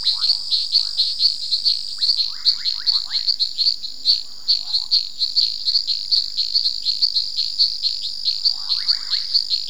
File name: Hyperolius nasutus